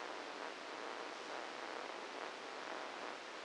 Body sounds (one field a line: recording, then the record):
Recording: brain microelectrode recording played as sound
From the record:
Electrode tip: inside the subthalamic nucleus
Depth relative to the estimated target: 0 mm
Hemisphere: left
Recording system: NeuroSet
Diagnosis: Parkinson's disease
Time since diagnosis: 8 years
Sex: male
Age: 59 years